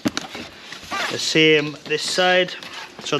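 A plastic clip is pushed into its slot on the side of a corrugated-plastic bee nuc box being assembled. Two quick, sharp snaps at 0.1 s and 0.2 s show it seating, and then someone talks.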